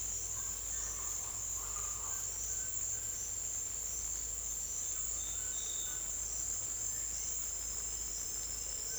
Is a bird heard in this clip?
yes